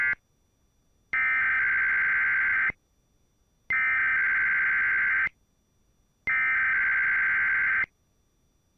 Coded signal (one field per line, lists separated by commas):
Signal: Emergency Alert System (SAME) tones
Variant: header bursts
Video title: EAS 4273-4275 KDKA AM Random Test from 6:39AM (Credits to Antonio for the Audio)